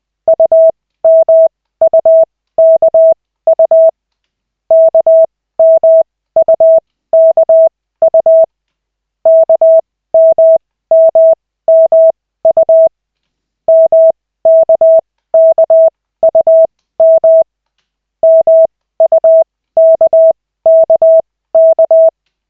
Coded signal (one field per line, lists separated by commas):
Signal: Morse code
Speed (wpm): 20 wpm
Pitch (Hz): 650 Hz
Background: none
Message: UMUKU KMUKU KMMMU MKKUM MUKKK